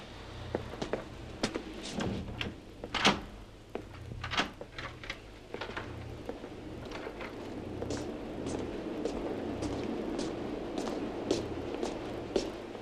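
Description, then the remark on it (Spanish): Scattered sharp footsteps tap across a hard floor, joined by one louder knock as a door swings shut, all over a low, steady hum with no one speaking. “Cierra la puerta.”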